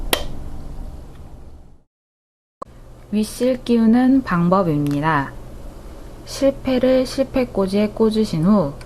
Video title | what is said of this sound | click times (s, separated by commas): [라이온미싱 / LION] 가정용미싱 The Style 50 (더 스타일 50) 미싱 사용법 | 딸칵 소리가 나도록 닫아 주면 됩니다 | 0.1 s